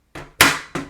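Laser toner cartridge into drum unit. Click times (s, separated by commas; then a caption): 0.4 s. A plastic toner cartridge for a Brother MFC-L2820DW laser printer is slid down into its drum unit and pushed by its handle, making a soft scrape near 0.1 s and then a sharp, loud latch click at 0.4 s, followed by a quieter knock at 0.8 s. The cartridge is seated and latched in the drum unit.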